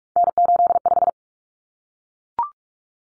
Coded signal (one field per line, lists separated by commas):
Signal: Morse code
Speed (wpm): 44 wpm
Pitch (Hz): 700 Hz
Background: none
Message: N85